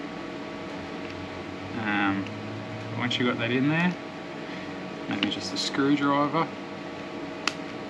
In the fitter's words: and push it in there and you'll hear that click as well.